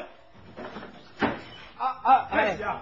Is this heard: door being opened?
yes